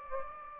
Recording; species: mosquito wingbeat signal from an infrared sensor; Anopheles gambiae